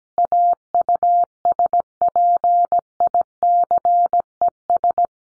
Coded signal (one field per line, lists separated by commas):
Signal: Morse code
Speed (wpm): 17 wpm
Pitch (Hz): 700 Hz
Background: none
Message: AUSPICES